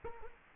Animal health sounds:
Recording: mosquito wingbeat signal from an infrared sensor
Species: Culex quinquefasciatus

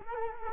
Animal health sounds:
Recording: mosquito wingbeat signal from an infrared sensor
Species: Culex quinquefasciatus

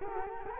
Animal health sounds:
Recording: mosquito wingbeat signal from an infrared sensor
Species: Culex quinquefasciatus

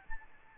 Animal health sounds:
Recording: mosquito wingbeat signal from an infrared sensor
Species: Aedes albopictus

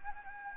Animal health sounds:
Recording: mosquito wingbeat signal from an infrared sensor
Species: Anopheles gambiae

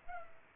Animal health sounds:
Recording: mosquito wingbeat signal from an infrared sensor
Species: Culex pipiens

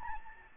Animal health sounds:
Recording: mosquito wingbeat signal from an infrared sensor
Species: Aedes albopictus

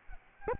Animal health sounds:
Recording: mosquito wingbeat signal from an infrared sensor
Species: Aedes albopictus

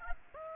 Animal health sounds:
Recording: mosquito wingbeat signal from an infrared sensor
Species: Aedes aegypti

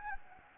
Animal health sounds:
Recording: mosquito wingbeat signal from an infrared sensor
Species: Anopheles gambiae

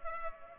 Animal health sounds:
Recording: mosquito wingbeat signal from an infrared sensor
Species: Culex pipiens

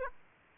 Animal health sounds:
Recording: mosquito wingbeat signal from an infrared sensor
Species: Aedes aegypti

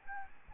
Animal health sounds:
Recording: mosquito wingbeat signal from an infrared sensor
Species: Aedes albopictus

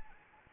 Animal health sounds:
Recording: mosquito wingbeat signal from an infrared sensor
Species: Anopheles gambiae

